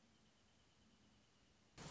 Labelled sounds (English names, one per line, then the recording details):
Wrentit
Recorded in Sonoma County, California